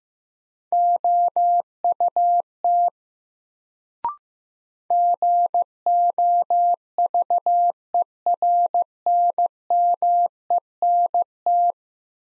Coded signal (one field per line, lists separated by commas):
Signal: Morse code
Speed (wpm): 15 wpm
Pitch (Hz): 700 Hz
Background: none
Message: OUT GOVERNMENT